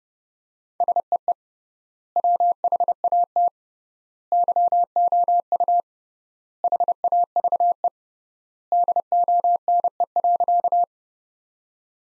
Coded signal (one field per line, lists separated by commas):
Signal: Morse code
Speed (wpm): 29 wpm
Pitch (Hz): 700 Hz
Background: none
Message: SEE WHAT YOU HAVE DONE.